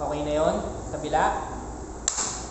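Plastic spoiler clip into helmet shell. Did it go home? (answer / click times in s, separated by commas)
yes / 2.1 s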